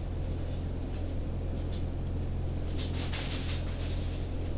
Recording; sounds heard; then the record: poultry house recording; no chicken sound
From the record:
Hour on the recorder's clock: 22